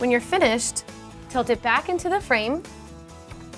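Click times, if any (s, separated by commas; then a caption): none. A tilt-in window sash that has been cleaned is being handled before it is tilted back up into the window frame, where its tilt latches will snap into the frame tracks. Someone talks over music, with a short faint sound at 3.5 seconds. Nothing has seated or clicked yet.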